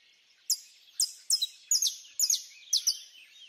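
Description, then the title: Birds: bird giving short, sharp high chip notes, single or doubled, repeated about every half second. Birds singing at dawn. "Pássaros Cantando No Amanhecer"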